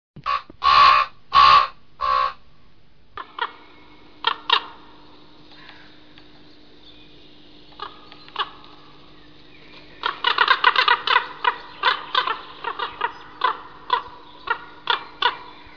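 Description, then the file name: Common raven calls: a few loud harsh croaks at the start, then a quieter stretch with scattered calls over a low steady hum, and a burst of rapid croaking from about ten seconds onward. "krkavec"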